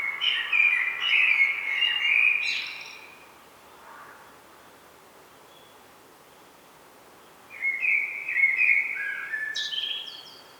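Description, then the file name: Common blackbird song: two warbled, fluting phrases ending in high twitters, separated by a long quiet gap. "Turdus merula"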